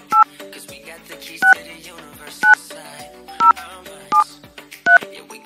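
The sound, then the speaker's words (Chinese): Six dual-tone keypad beeps from a landline being dialed, short and evenly spaced about a second apart, each one loud and bright over a faint, steady background. “今天呢，他有提供一个室内电话。”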